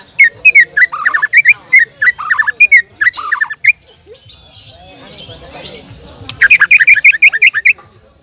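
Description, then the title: Bird song: quick, bright chirping notes repeated about three times a second, a brief pause with soft background twittering, then another fast chirping run. "Kicau Burung"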